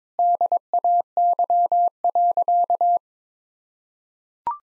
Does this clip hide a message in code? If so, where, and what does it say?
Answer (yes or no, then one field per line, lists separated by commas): yes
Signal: Morse code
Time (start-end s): 0.2-3.0 s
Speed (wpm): 22 wpm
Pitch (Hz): 700 Hz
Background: none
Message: DAY.